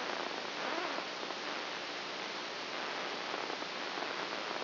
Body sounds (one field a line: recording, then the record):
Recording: brain microelectrode recording played as sound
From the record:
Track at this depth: inside the subthalamic nucleus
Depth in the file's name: 3.004 mm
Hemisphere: right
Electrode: 2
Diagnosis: Parkinson's disease